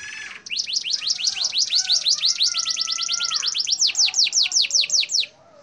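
Bird delivering a long run of quick high chirps, with a lower steady whistled tone sliding beneath, then clearer spaced downslurred notes before stopping.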